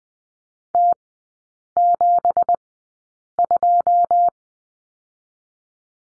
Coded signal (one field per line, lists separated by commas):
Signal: Morse code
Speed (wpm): 20 wpm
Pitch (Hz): 700 Hz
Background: none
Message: T72